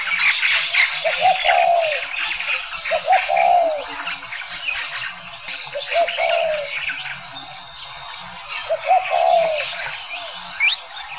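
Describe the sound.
Spotted dove giving repeated coo phrases, two quick notes then a longer falling coo, about every two to three seconds, amid dense chirps and trills from many other birds.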